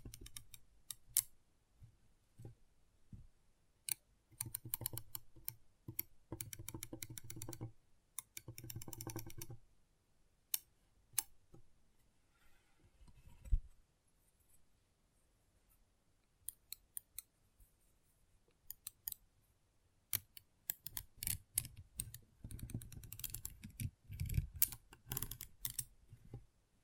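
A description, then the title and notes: Intense magnetic tingles: rapid bursts of sharp clicks and crackles in dense clusters, a quieter stretch near the middle, then busier tapping returning. ASMR Intense Magnetic Tingles (No Talking).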